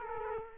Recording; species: mosquito wingbeat signal from an infrared sensor; Culex quinquefasciatus